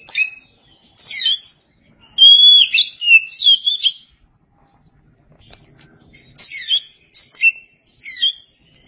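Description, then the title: Oriental magpie-robin song: varied high whistled phrases, a long warbling run in the middle, then a quieter pause and three more short sweeping phrases. Chirping song. "Suara Kicauan Burung Kacer"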